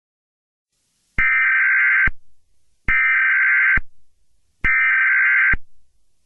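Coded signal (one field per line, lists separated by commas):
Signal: Emergency Alert System (SAME) tones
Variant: header bursts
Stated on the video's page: Fictional EAS scenario.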